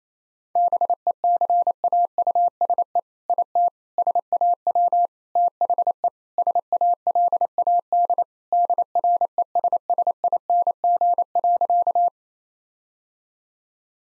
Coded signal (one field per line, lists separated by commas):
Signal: Morse code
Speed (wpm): 28 wpm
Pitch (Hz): 700 Hz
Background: none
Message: BECAUSE IT SAW THE SALAD DRESSING.